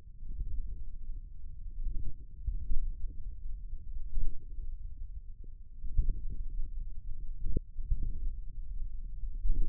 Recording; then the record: forearm muscle sounds (acoustic myography)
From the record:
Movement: finger pinch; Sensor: system 1, eight BSWA MPA416 microphones around the upper forearm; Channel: 5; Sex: male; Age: 41 years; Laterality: right